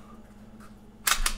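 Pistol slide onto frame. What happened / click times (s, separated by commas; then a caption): The slide locked onto the frame / 1.1 s, 1.3 s. The slide of a polymer-framed Beretta APX pistol is put back on and pushed down onto the frame until it locks. After a quiet stretch, two sharp clicks ring out at 1.1 s and 1.3 s as the slide locks into place on the frame.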